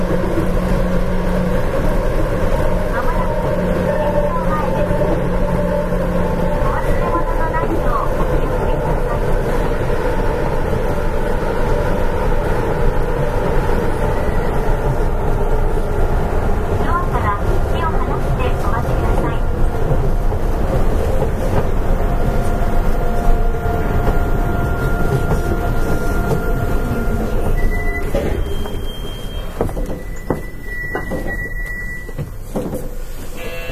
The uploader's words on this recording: アストラムライン 6000系 広域公園前から本通まで. It is the running sound of the Astram Line 6000 train in Hiroshima City. The section is from Koiki-koen-mae to Hondori.